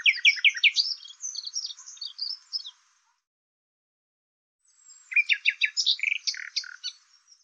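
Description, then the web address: Bird song: two long, high jumbled warbling phrases of mixed chirps and slurred notes, with a silent gap between them. "Deverinetal 2025"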